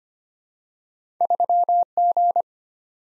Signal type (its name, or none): Morse code